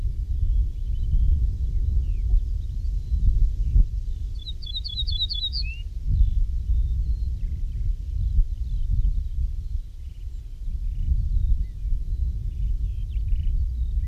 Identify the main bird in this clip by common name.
Ortolan Bunting